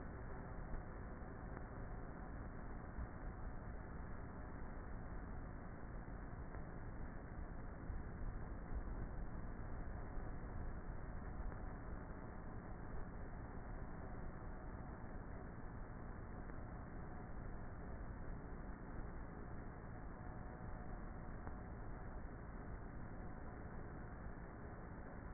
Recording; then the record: honeybee colony, microphone inside the hive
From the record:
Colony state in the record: queenless with a low population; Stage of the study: before two queens were removed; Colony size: about 30,000 bees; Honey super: no